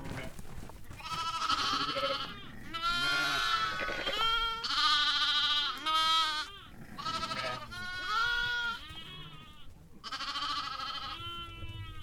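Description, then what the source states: Sheep and lambs bleating: a run of overlapping nasal, quavering bleats, some high-pitched and some lower, following one another with brief gaps. Lambs and sheep in a stable.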